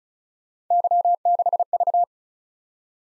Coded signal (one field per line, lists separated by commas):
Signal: Morse code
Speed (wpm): 36 wpm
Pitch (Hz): 700 Hz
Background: none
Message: Y6V